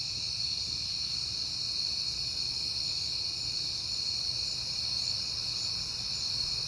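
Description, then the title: Dense cricket trilling, a continuous shrill pulsing in several tones, with a gentle low rumble underneath. Crickets recorded at night in September, on a peaceful night. "Night Time: Crickets and Passing Cars"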